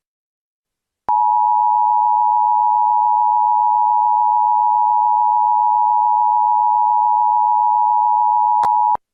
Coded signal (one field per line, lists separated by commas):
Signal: Emergency Alert System (SAME) tones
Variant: 853 and 960 Hz attention tone